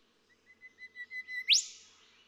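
Golden whistler song: a sequence of steady whistled notes growing louder, ending in a loud explosive upswept whipcrack.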